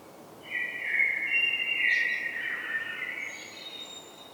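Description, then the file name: Common blackbird song phrase: a rich, low warble that wavers in pitch and closes with faint, high, thin squeaks. "Turdus merula"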